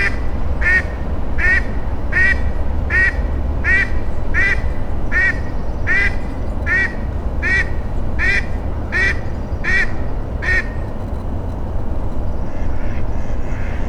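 Duck quacking in a steady run of many nasal quacks, then falling quiet near the end, over continuous low background rumble.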